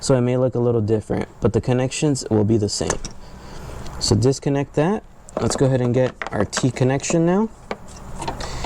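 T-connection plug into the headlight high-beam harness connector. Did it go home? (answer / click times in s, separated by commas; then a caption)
no / none. A T-connection plug is being handled at the headlight high-beam harness connector of a Toyota Tacoma while someone talks, with a few brief handling sounds near the end. Nothing has seated or clicked yet.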